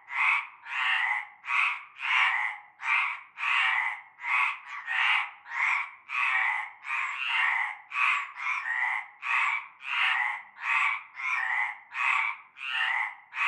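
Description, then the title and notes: Frog chorus of rasping croaks repeated in a steady run, with short dips between calls. Frog chorus starting at nightfall in a large concrete basin with stagnant greenish water, Avenue Cante Coucou, La Ciotat, Bouches-du-Rhône, France. "Avenue Cante Coucou, Groupède, La Ciotat, Marseille, Bouches-du-Rhône, Provence-Alpes-Côte d'Azur, France métropolitaine, 13600, France - cœur de grenouilles. Une grande vasque en béton, un fond d'eau verdâtre croupissant. et un cœur de grenouilles dès la nuit tombée"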